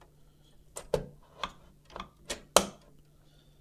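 A graphics card is slotted into a motherboard PCIe expansion slot, with several light knocks and scrapes around 0.8, 0.9, 1.4, 2.0 and 2.3 seconds as it is pushed in. At 2.6 seconds the slot latch gives a sharp, loud click as the card seats into place.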